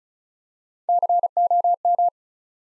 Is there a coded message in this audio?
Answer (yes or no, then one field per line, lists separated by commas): yes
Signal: Morse code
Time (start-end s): 0.9-2.1 s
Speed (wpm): 36 wpm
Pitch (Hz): 700 Hz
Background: none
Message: COM